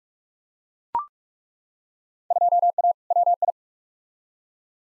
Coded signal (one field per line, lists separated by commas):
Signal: Morse code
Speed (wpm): 42 wpm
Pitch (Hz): 700 Hz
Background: none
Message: 2A WI